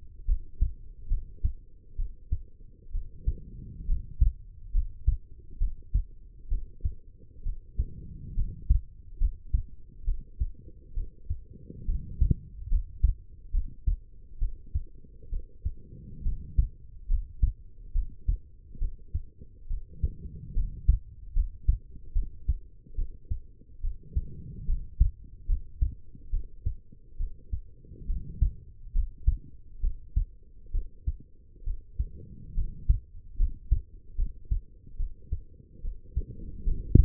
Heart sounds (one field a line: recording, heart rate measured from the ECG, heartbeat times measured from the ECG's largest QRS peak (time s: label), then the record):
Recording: heart sounds by stethoscope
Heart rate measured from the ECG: 69 bpm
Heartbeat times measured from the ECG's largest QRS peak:
0.26 s: heartbeat
1.08 s: heartbeat
1.96 s: heartbeat
2.92 s: heartbeat
3.86 s: heartbeat
4.72 s: heartbeat
5.58 s: heartbeat
6.49 s: heartbeat
7.43 s: heartbeat
8.35 s: heartbeat
9.18 s: heartbeat
10.05 s: heartbeat
10.94 s: heartbeat
11.86 s: heartbeat
12.69 s: heartbeat
13.51 s: heartbeat
14.39 s: heartbeat
15.30 s: heartbeat
16.23 s: heartbeat
17.08 s: heartbeat
17.93 s: heartbeat
18.79 s: heartbeat
19.68 s: heartbeat
20.54 s: heartbeat
21.33 s: heartbeat
22.13 s: heartbeat
22.95 s: heartbeat
23.81 s: heartbeat
24.66 s: heartbeat
25.47 s: heartbeat
26.30 s: heartbeat
27.17 s: heartbeat
28.07 s: heartbeat
28.93 s: heartbeat
29.81 s: heartbeat
30.71 s: heartbeat
31.64 s: heartbeat
32.55 s: heartbeat
33.37 s: heartbeat
34.16 s: heartbeat
34.97 s: heartbeat
35.82 s: heartbeat
36.64 s: heartbeat
From the record:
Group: healthy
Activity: rest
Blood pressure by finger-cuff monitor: 95/67 mmHg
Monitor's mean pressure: 77 mmHg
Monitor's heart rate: 70 bpm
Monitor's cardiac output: 5.1 L/min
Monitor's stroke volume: 74 mL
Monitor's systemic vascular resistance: 1080 dyn s/cm5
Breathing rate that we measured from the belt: 15 breaths a minute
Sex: female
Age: 23 years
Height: 160 cm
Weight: 50.4 kg